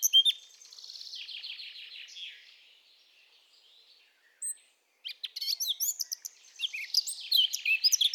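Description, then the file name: Eurasian blackcap song with a soft, scratchy passage, a short silence, then a burst of rapid, high, varied warbling notes. "Sylvia atricapilla"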